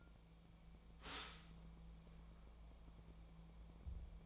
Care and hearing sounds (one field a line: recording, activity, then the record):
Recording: daily activity, microphone in the room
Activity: stop toaster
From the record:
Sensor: 1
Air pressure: 1000.3 hPa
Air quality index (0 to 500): 157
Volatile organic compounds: 3 ppm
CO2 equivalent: 1467 ppm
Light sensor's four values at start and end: 30/74/31/37 and 30/74/31/37